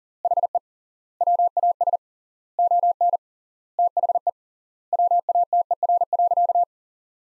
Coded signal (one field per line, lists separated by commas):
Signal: Morse code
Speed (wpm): 40 wpm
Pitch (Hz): 700 Hz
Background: none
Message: HE WAS ON THE WATER.